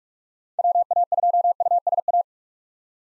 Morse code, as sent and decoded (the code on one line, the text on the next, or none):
.-- .- ..--- ..- ... .-
WA2USA